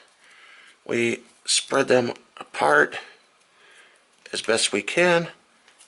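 Someone talks while a metal quick/master link on a bicycle chain being hooked up to a Bafang is spread apart with pliers so it can pop into its seated position. Only speech and faint handling are heard, with a small tick near the end. The link has not popped into place or seated yet.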